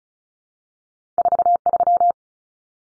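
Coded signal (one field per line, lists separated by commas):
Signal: Morse code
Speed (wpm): 34 wpm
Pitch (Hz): 700 Hz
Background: none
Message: 43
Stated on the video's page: Head-copy drill of common two-digit cut numbers at 35 wpm, T, A, N standing for 0, 1, 9; each number sent, spoken, then sent again.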